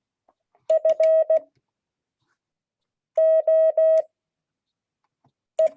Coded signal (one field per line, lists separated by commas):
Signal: Morse code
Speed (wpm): 16 wpm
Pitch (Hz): 640 Hz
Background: none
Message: FOE